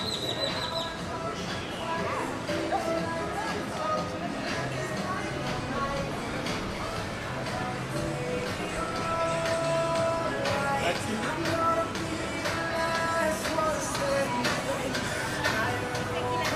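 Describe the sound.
A walk down 5th Avenue in Playa Del Carmen, filled with a steady wash of overlapping voices and crowd chatter that never lets up. Brief clicks and clatters pop out now and then, and the murmur grows slightly fuller after about nine seconds.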